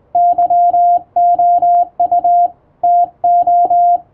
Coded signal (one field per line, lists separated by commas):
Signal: Morse code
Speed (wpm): 20 wpm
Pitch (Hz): 700 Hz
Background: none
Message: YOU TO